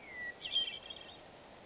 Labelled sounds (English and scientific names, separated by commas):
Hermit Thrush (Catharus guttatus)